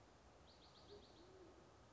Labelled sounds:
Band-tailed Pigeon (Patagioenas fasciata)
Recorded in Sonoma County, California

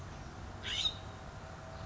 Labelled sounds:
California Scrub-Jay (Aphelocoma californica)
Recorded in Sonoma County, California

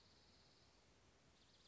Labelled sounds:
Dark-eyed Junco (Junco hyemalis)
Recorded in Sonoma County, California

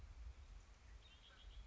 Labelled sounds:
Red-winged Blackbird (Agelaius phoeniceus)
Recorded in Sonoma County, California

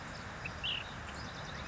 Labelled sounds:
Ash-throated Flycatcher (Myiarchus cinerascens)
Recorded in Sonoma County, California

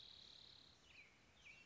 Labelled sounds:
Spotted Towhee (Pipilo maculatus)
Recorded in Sonoma County, California

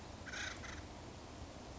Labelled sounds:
Acorn Woodpecker (Melanerpes formicivorus)
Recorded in Sonoma County, California

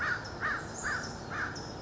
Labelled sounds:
American Crow (Corvus brachyrhynchos)
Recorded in Sonoma County, California

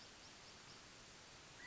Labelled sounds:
California Quail (Callipepla californica)
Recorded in Sonoma County, California

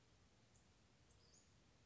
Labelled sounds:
Western Flycatcher (Empidonax difficilis)
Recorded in Sonoma County, California

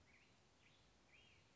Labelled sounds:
Black-headed Grosbeak (Pheucticus melanocephalus)
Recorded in Sonoma County, California

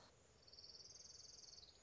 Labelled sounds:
Orange-crowned Warbler (Leiothlypis celata)
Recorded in Sonoma County, California

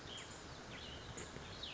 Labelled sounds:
Cassin's Vireo (Vireo cassinii)
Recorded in Sonoma County, California

